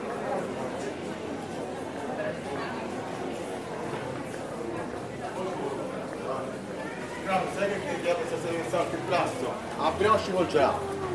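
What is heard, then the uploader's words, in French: Urban sound from Taormina, Sicily: a steady murmur of many voices talking at once, a dense chatter with no single speaker standing out for long. After about seven seconds a few voices rise louder and closer in pitch, and the talk grows livelier to the end. Taormina, Sicily, Italy. Enregistrements audio réalisés en milieu urbain. Sons des villes.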